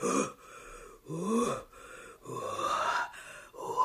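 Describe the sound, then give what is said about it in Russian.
A voice imitates a horse breathing out: four long, breathy, moaning exhalations in a steady rhythm with short pauses between, fairly loud, with no speech. “Да, да, дыши еще на меня, добрая лошадь.”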